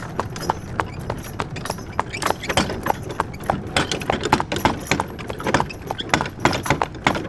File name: Horse Wagon With Lots Of Wooden Metal Rattle